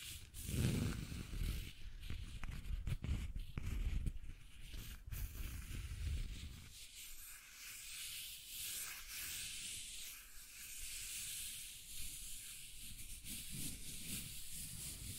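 Scratching and tracing sounds: for the first six seconds or so, rough, thumping scrapes with a heavy low rumble and quick bumps. After that the low end drops away, leaving a steady, softer hiss of tracing that continues evenly to the end.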